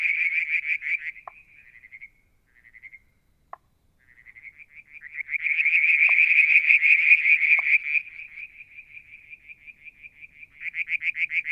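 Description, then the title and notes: Frogs calling in rapid pulsed trills, starting loud, dropping to soft stuttering pulses with a near pause, then swelling into a dense loud chorus, with occasional sharp single clicks. Mount Wilson, New South Wales, Australia; July 2022; one evening near a water tank; striped marsh frog, Verreaux's tree frog and an unidentified frog calling. "Frog song, Mount Wilson, New South Wales, Australia in July 2022 – by Alexander Moffatt. Limnodynastes Peronii, Litoria Verreauxii and a mystery frog one evening near the water tank"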